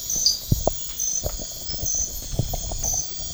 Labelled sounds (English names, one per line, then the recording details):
none
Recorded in pastures near Puerto Asís, Putumayo, Colombia, on 12 March 2025 at 04:00
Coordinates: 0.502, -76.324
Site GP07